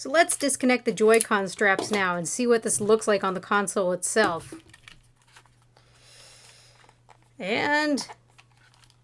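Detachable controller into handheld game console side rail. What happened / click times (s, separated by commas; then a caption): Handled, not yet seated: no locking click yet / none. Someone talks about disconnecting the Joy-Con straps, then faint handling sounds and small taps follow as a detachable Joy-Con controller is brought to the side rail of a Pikachu & Eevee Edition Nintendo Switch handheld console, with a brief voiced sound near 7.5 s. The clip ends before the controller goes home on the rail; nothing has seated or clicked yet.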